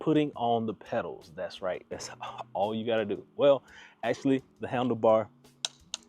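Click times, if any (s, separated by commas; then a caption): 5.6 s, 5.9 s. A man talks as the folded handlebar stem of a DYU C2 16-inch folding electric bike is raised. Its latch snaps closed with two sharp clicks at 5.7 and 5.9 seconds, locking the handlebar stem in place.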